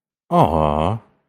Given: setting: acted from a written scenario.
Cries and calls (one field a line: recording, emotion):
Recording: vocal sound without words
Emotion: adoration